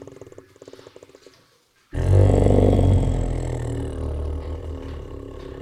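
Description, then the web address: Tiger growling: soft low pulsing rumbles and brief quiet, then a sudden loud, deep, rasping growl that slowly fades. Many deep growls and licks from tigers. "Sound Ideas Tigers Sound Effects"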